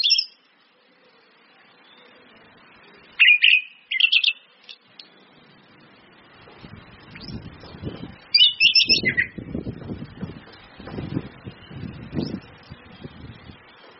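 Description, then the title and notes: Orange-headed thrush song in short whistled bursts, the later part accompanied by low rustling and knocking noises. Indonesian training lure ('pancingan') of clear 'ngeplong' song with female whistles ('suitan betina'), meant to make birds sing eagerly ('gacor'). "PANCINGAN anis kembang ngeplong dan SUITAN BETINA. Masteran Anis Kembang"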